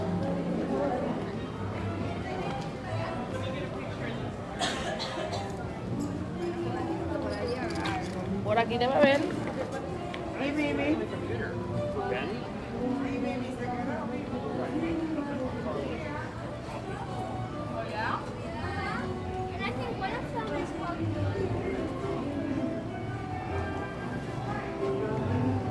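Theme park crowd at Universal Studios Florida, with many voices talking over one another in a dense, steady murmur. Some voices briefly stand out, with a louder sharp moment near nine seconds, while a low rumble runs continuously underneath.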